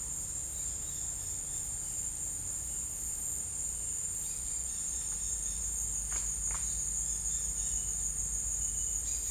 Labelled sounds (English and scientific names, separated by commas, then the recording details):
none
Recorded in secondary vegetation near Puerto Asís, Putumayo, Colombia, on 22 December 2024 at 17:00
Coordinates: 0.484, -76.319
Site GP06